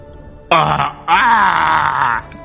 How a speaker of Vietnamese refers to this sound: có tiếng kêu gào thảm thiết thê lương chuyển lại.